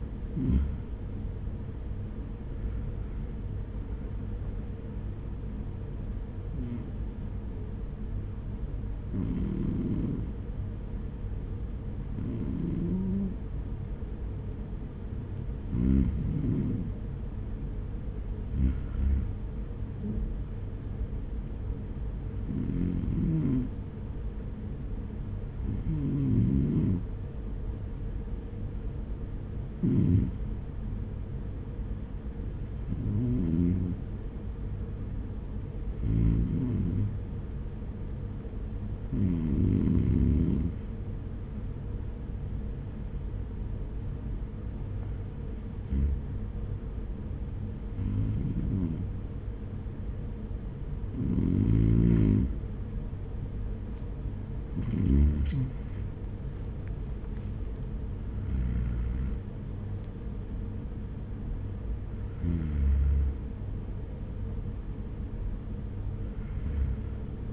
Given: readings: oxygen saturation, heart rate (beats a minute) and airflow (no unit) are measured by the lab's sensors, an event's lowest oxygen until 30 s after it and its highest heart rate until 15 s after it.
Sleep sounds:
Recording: breathing in sleep by a smartphone at the bedside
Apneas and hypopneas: 1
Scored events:
23.00-54.40 s: hypopnea (REM, oxygen 97% highest, then 94% lowest, heart rate 71 at the start, 71 highest)
From the record:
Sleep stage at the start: REM sleep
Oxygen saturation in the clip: 95 to 97%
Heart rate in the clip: 57 to 76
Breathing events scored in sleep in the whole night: 210 in 6.9 hours asleep

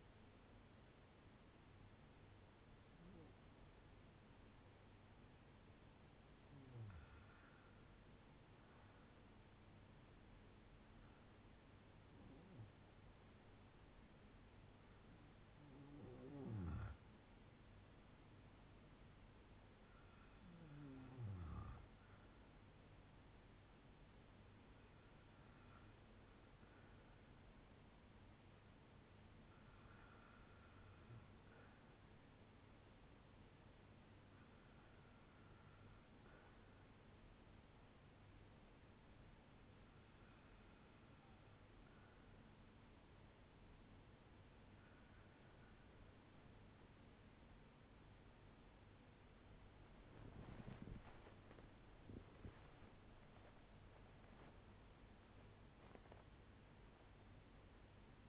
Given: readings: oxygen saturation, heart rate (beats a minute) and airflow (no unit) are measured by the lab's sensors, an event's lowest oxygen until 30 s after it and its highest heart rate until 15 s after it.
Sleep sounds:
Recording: breathing in sleep by a voice recorder at the bedside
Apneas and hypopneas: 1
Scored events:
25.00-58.29 s: new sleep stage, N1 (lightest sleep)
34.00-52.90 s: hypopnea (N1, oxygen 94% highest, then 93% lowest, heart rate 62 at the start, 93 highest)
From the record:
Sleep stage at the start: REM sleep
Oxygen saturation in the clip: 92 to 95%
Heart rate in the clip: 59 to 91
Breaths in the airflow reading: 12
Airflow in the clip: -9.5 to 13.4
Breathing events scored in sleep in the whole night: 182 in 7.4 hours asleep

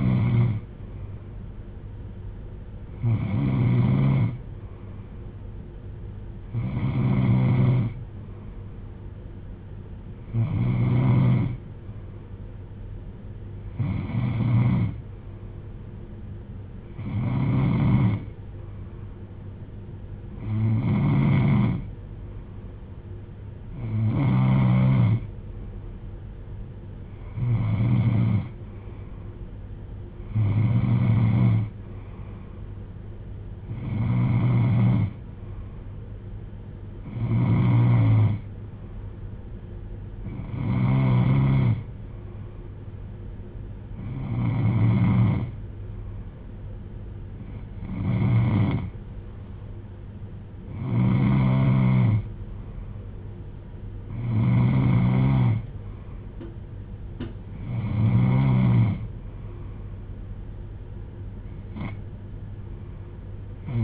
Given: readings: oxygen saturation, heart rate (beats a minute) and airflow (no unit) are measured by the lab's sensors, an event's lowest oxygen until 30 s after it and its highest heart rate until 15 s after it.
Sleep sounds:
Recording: breathing in sleep by a smartphone at the bedside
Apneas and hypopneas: none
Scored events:
none scored
From the record:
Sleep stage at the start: N3 (deep sleep)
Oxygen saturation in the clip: 92 to 95%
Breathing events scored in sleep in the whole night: 310 in 8.1 hours asleep

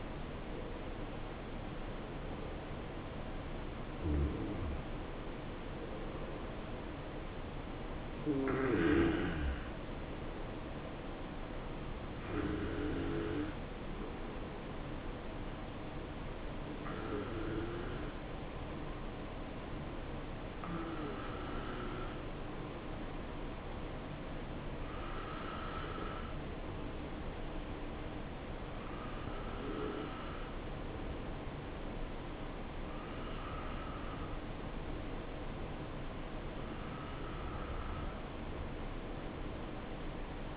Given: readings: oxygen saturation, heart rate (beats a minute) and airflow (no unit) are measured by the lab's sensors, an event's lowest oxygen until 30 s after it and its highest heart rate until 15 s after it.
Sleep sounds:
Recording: breathing in sleep by a voice recorder at the bedside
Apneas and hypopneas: none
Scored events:
10.00-40.57 s: new sleep stage, N2 (light sleep)
From the record:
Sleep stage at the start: N1 (lightest sleep)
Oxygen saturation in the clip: 88 to 93%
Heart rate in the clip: 64 to 79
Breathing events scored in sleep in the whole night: 277 in 7.4 hours asleep

